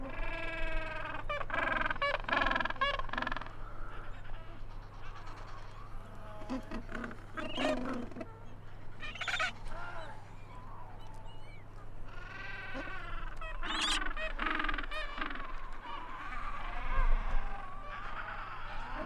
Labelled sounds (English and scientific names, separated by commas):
Gentoo Penguin (Pygoscelis papua) call